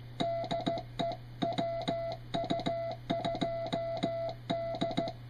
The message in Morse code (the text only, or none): DE WU2D